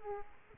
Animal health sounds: mosquito wingbeat signal from an infrared sensor; Aedes aegypti

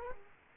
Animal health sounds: mosquito wingbeat signal from an infrared sensor; Culex quinquefasciatus

